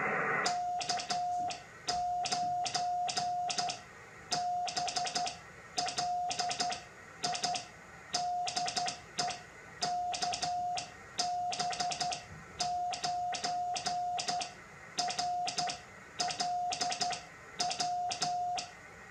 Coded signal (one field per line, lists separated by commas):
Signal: Morse code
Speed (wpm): 12 wpm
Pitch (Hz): 720 Hz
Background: none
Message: K9BLI DE KB9RLW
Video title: #HamRadio Live! Show 243 Part 2 About The Least Used Bands In Ham Radio. 2200m and 630m Thanks N4POD